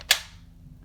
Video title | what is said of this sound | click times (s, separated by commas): NEW! Stampin' Up! Trimmer Unboxing/Product Review | you can hear it clicks into place | 0.1 s